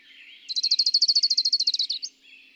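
Bird song: a fast, even trill of many bright, high notes lasting around a second and a half, ending in a short upward flick, over faint background hiss.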